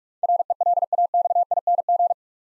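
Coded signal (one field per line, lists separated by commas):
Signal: Morse code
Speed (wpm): 43 wpm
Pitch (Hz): 700 Hz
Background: none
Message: RELAXING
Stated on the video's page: Computer-generated Morse head-copy drill of eight-letter words at 45 wpm, each word sent, then spoken, then sent again.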